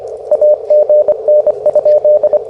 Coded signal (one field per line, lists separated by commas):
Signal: Morse code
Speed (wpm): 23 wpm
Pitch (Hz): 590 Hz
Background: none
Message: AGN?